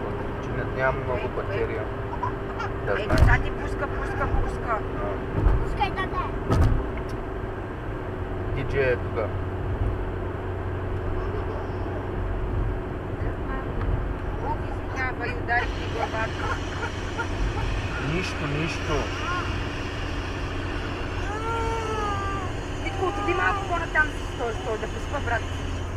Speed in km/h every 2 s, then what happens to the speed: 95, 91, 90, 87, 87, 87, 86, 85, 85, 84, 84, 84, 82.
0-6 slows to 87. 6-26 steady at about 85.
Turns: none.